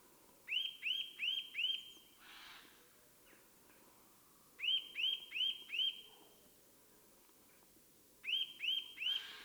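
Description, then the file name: Eurasian nuthatch calling: clear whistled notes in quick runs of three or four, three runs in all, with a soft rushing sound after the first run. "Sitta europaea"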